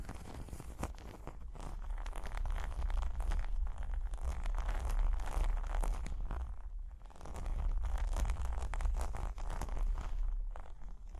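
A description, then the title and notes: Scratching and tapping run almost without pause, a dense, rough scraping texture with quick clicks scattered through it. Short taps stand out near one second and again around seven. A deep, steady rumble sits underneath, and the activity dips briefly around six to seven seconds. Tapping and Scratching (No Talking).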